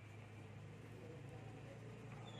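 A plastic power wire connector is handled and lined up at its socket on the circuit board of a mini PAM 8610 power amplifier. A steady low hum runs throughout under faint handling noise. The connector has not clicked or seated yet.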